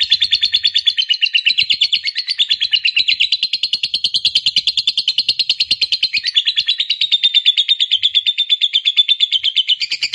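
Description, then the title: Lovebird song: a steady, fast, harsh twittering trill, notes pulsing rapidly and evenly for the full ten seconds. Lovebird said to be lazy or reluctant to sing, prompted into spontaneous, eager singing. "LOVEBIRD Malas Bunyi JADI GREGET SPONTAN Langsung NARIK"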